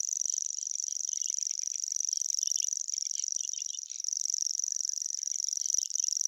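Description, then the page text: Common grasshopper warbler reeling song: a high, dry, insect-like trill running unbroken throughout, with faint scattered chirps beneath. "Голос птицы - Обыкновенный сверчок"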